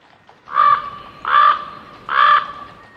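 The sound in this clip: Common Raven giving three harsh, hoarse croaking caws spaced under a second apart over a quiet background.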